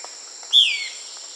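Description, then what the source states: Euler's flycatcher giving a single brief, clear note that slides downward, with a constant shrill insect hum behind it. South America.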